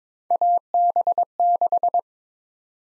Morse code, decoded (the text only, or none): AB6